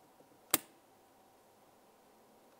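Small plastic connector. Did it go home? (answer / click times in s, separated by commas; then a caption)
yes / 0.5 s. A plastic wiring harness connector is pushed onto the trunk release switch at the bottom of the door panel of a 2003-2011 Mercury Grand Marquis while the panel is being reinstalled. A single sharp, loud click at 0.5 s marks the connector latching into place, with only faint low background noise before and after. The connector is seated.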